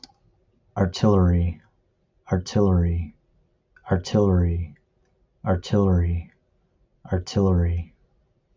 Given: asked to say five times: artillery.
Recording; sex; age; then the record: repeated word; male; 20 to 29 years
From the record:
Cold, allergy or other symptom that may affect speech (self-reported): no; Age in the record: 28 years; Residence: New York, United States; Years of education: 12